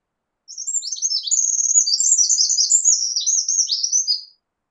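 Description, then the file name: Eurasian wren song: a loud, rapid, high-pitched outpouring of twittering notes and fast buzzy trills, lasting nearly four seconds without a pause. "Troglodytes troglodytes"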